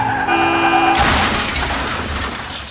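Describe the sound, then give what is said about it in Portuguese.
A steady, high-pitched tire squeal holds for about a second as an Audi chased through an alley is hit, then a loud crash breaks in as a truck crushes it, leaving a dense, noisy rumble of wreckage that slowly fades. “Arrependida, com o braço quebrado, viu quanto o Audi foi esmagado por um caminhão.”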